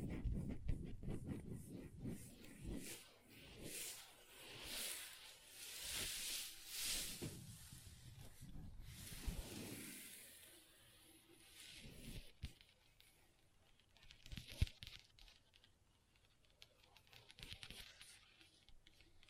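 Long nails tap and scratch across a tabletop, with quick clicks and sweeping scrapes in bursts. The first ten seconds are busier, with dense rubbing swells; after that it thins to sparser taps and brief scratches, with a few sharp clicks near fifteen seconds.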